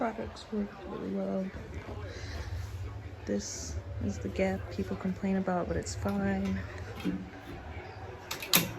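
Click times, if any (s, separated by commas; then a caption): 8.3 s, 8.5 s. A safety gate is closed and its latch is pushed into the wall mount while someone talks over a low steady hum. The latch snaps into place with sharp clicks at 8.3 and 8.6 seconds, locking at the bottom.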